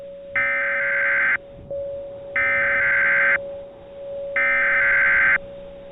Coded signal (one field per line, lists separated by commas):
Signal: Emergency Alert System (SAME) tones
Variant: header bursts